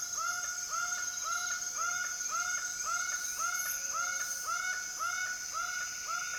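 Laughing falcon calling: nasal arched notes repeated steadily about twice a second, with a constant high-pitched insect drone behind.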